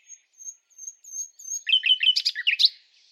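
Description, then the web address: Bird song opening with thin, very high repeated whistles, then breaking into a string of lower, quick chirpy notes. "Bird Only"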